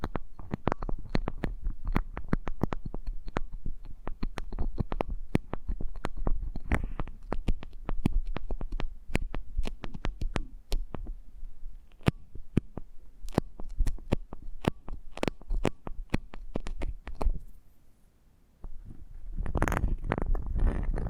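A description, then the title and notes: Eardrum massage ASMR made of dense, irregular tapping and crackling against the mic, sharp clicks crowding one after another over a low rumbling thud. Near the 18-second mark the sound drops to near silence, then resumes with fuller, brighter rubbing. ASMR Intimate Eardrum Massage.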